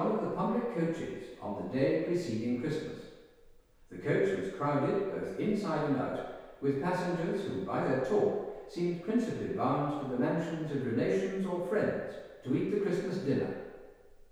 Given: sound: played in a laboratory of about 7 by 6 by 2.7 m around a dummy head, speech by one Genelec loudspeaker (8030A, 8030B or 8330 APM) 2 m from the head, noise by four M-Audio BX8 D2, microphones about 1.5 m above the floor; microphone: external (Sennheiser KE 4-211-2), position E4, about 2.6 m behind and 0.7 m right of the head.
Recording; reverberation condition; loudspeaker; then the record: male speech in English; high; 90 degrees to the right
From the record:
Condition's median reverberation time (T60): about 1300 ms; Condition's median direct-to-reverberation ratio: about -4.0 dB